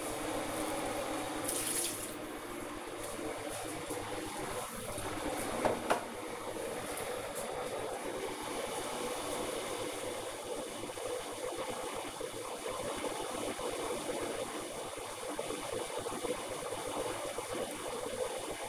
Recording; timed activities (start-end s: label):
household activities, microphone on the right wrist
0.00-18.69 s: making tea
9.20 s: note: no refill